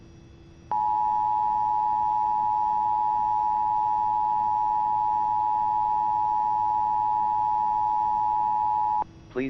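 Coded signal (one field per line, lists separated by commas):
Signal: Emergency Alert System (SAME) tones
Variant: 853 and 960 Hz attention tone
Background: speech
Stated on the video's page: Shelter-in-place warning for McKenzie County, North Dakota.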